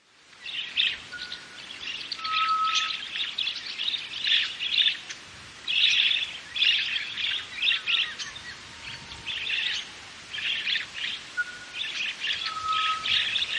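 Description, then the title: Bird song in bursts of rapid, twittering, chattering notes, separated by short pauses, with a few clear whistled notes lower in pitch mixed in. "LuckyPassaro Completos2Sama"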